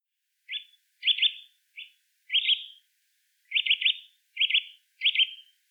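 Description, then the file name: Eurasian nuthatch calling, seven clipped, slightly buzzy chips, some doubled or tripled, with one longer pause. "Sitta europaea"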